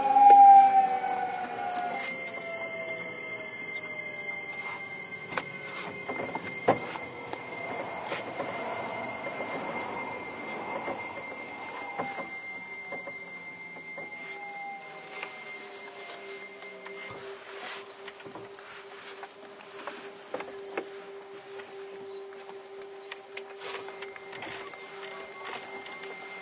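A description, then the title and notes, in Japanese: Recorded aboard a commuter train, with a loud bump at the start, then steady motor whine whose pitches slide as the train changes speed. A low constant hum holds from about the midpoint, and occasional clacks and rattles punctuate the ride, notably near 7, 15 and 23 seconds. 京王1000系 渋谷〜吉祥寺。急行運用を録音しました。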